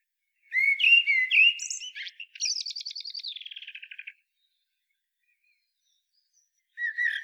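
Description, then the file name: Common blackbird singing a fluted, rolling phrase that ends in a fast, rattling twitter sliding downward, then silence before another phrase starts. "Turdus merula"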